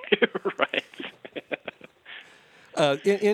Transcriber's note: laughter